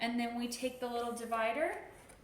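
An adjustable divider is being handled for a glide-out drawer, a pull-out shelf drawer with grooves along its sides and small plastic clips set in them. Someone talks throughout, with no knock or other sharp sound. Nothing has seated or clicked yet.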